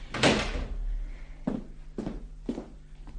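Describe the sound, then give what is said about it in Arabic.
A young woman shuts a door with a loud, heavy thud, then three or four softer footsteps follow at a steady pace, about half a second apart, as she walks over. “اقفلي الباب وتعالي هنا.”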